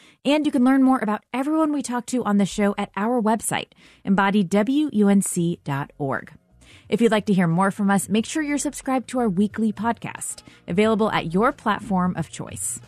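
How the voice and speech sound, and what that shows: A woman speaks a fluent, clearly paced radio outro with steady mid-range pitch and natural pauses between phrases. Articulation is crisp and voice quality clear, with no repetitions, blocks or strain: ordinary fluent speech.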